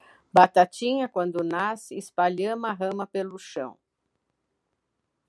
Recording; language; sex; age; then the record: short text; Brazilian Portuguese; female; 70 to 79 years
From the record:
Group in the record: control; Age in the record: 73 years